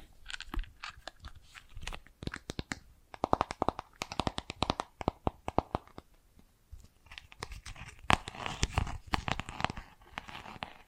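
Bracelets and jewelry boxes being handled, with rapid clusters of sharp clicks and light metallic clacks. Quick rattling bursts come around the first, third to sixth, and eighth to tenth seconds, separated by brief quieter gaps with soft rustling and crinkling.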